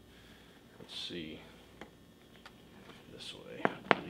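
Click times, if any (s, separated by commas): 3.7 s, 3.9 s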